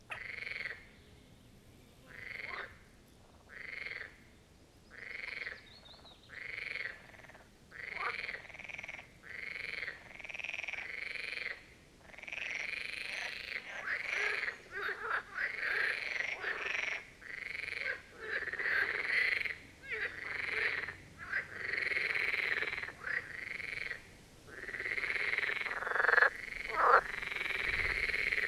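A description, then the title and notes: A chorus of marsh frogs croaks in repeated bright, rattling bursts, starting sparse and growing denser and louder toward the end. Marsh Frogs of the Birkensee. A chorus of Marsh Frog ( Pelophylax ridibundus ) at the Birkensee, in Schönbuch, DE. Recorded on one of the first proper hot days of this Summer.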